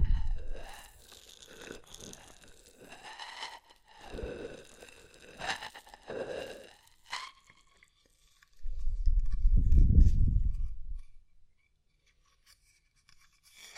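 Ear massage with oil and foam: squishy, crinkling rubs come in short bursts through the first seven seconds, with crisp crackly detail. Around nine to eleven seconds a deeper, muffled swell of rubbing rises and fades, then near-silence with faint ticks follows.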